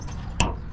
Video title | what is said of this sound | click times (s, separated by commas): Temu Budget Build on Old Blue: Assembly of Tailgate Part 3of20 | And there you go. Snaps right in place. | 0.4 s